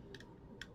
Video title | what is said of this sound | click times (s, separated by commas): Using Pasco GLX datalogger | now you have your pressure reader actually on. I hear it click. | 0.6 s